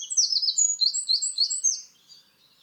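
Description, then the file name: Eurasian wren singing a fast burst of high, piercing notes and quick trills for about two seconds, then near silence. "Troglodytes troglodytes"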